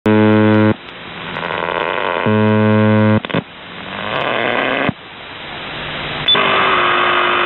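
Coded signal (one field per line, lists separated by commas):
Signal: numbers station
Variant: UVB-76 (The Buzzer)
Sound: two harsh low buzzes about a second long, separated by hissing static, then a different noise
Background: radio static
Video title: The Buzzer/UVB-76(4625Khz) April 28th, 2023 12:54UTC Voice message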